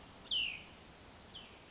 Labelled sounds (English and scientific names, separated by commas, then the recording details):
Cassin's Vireo (Vireo cassinii)
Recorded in Sonoma County, California